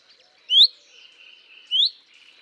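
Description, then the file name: Common chaffinch calls: two clear, rising whistled notes about a second apart, with faint bird chatter beneath. "Fringilla coelebs"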